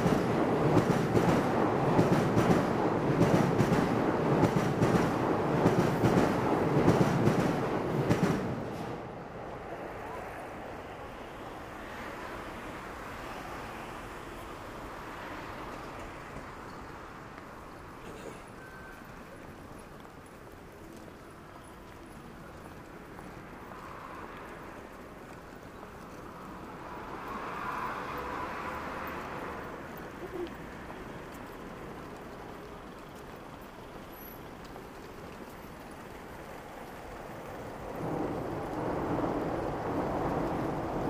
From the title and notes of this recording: Shinjuku,Saturday morning. Morning in bustling Shinjuku is different from night. Kabukicho～Hotel street～ Kabukicho,Sakura street～Kabukicho,Ichiban-gai～Omoide Yokocho～Shinjuku East exit.